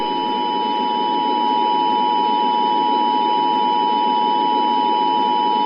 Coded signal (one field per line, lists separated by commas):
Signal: Emergency Alert System (SAME) tones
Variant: 853 and 960 Hz attention tone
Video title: EAS Scenario: The Midnight Sun: 2025 REMASTERED. #easscenario